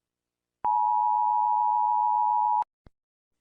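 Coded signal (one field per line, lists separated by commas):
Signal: Emergency Alert System (SAME) tones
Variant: 853 and 960 Hz attention tone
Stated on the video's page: Fictional EAS scenario containing valid EAS tones.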